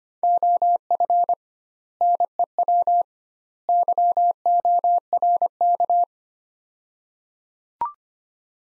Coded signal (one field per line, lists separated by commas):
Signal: Morse code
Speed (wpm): 25 wpm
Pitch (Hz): 700 Hz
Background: none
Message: OF NEW YORK